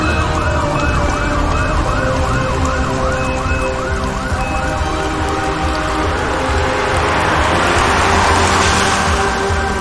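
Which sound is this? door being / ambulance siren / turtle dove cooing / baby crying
ambulance siren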